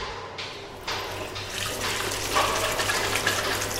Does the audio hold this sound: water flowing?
yes